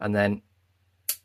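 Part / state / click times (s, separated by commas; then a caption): detent ball of a folding knife dropping into the groove on the blade tang / seated / 1.1 s. Someone talks briefly, then after a pause with a faint low hum, a short, sharp snap comes at 1.1 s as the steel detent ball of a SOG slipjoint-style folding knife rolls along the blade tang and drops into its groove. The blade detent snaps into place, seated.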